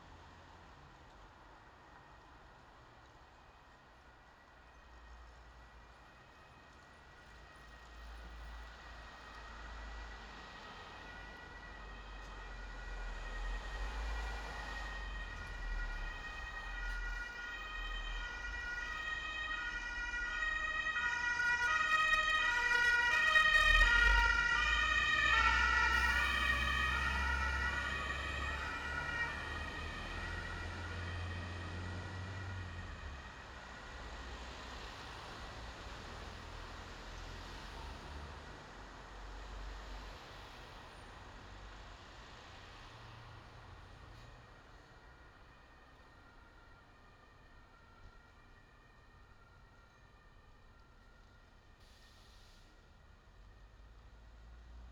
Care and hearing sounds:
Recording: everyday scene through a hearing-aid microphone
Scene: in traffic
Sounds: traffic, siren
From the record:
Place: bus stop on a city main road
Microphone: in the ear canal, left

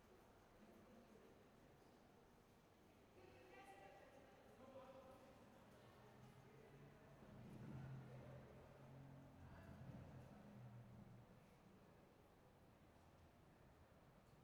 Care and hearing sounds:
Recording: everyday scene through a hearing-aid microphone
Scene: reverberant space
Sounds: background noise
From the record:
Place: railway station hall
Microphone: behind the ear, right, rear

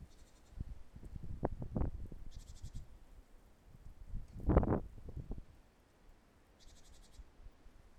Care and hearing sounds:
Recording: everyday scene through a hearing-aid microphone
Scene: wind on the microphone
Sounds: wind, traffic, birds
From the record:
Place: suburban garden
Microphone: behind the ear, left, front

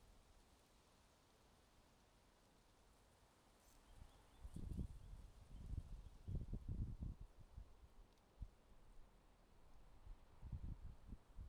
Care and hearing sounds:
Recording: everyday scene through a hearing-aid microphone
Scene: wind on the microphone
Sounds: wind, traffic, birds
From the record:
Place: suburban garden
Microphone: in the ear canal, left

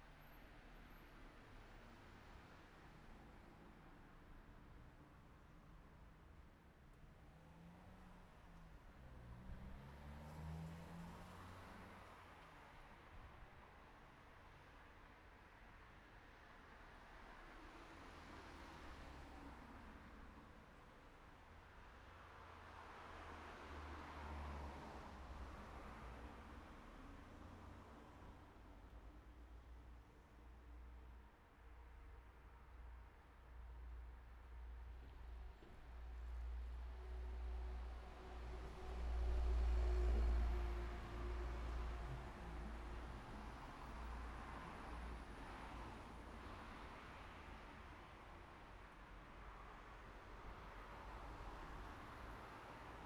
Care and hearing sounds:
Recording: everyday scene through a hearing-aid microphone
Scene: in traffic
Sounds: traffic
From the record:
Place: city secondary road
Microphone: behind the ear, right, rear

